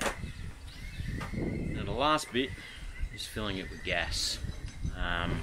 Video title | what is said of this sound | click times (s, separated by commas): Thermacell Gas Refill - Do it Yourself | clicks into place it'll | 0.0 s